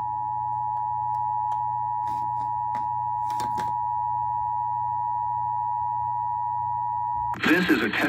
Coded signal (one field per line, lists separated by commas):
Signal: Emergency Alert System (SAME) tones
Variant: 853 and 960 Hz attention tone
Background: speech